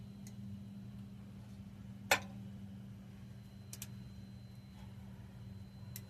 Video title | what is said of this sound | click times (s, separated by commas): How to install Isuzu NPR/NRR inlet and outlet NOX sensors | like that. I heard it click. | 2.1 s